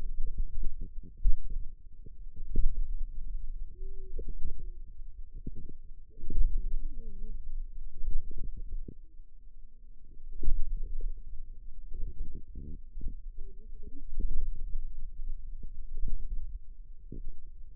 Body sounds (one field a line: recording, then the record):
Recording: forearm muscle sounds (acoustic myography)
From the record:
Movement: pen grasping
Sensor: system 2, bracelet of six BSWA MPA416 microphones around the upper forearm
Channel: 6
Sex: female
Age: 21 years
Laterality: right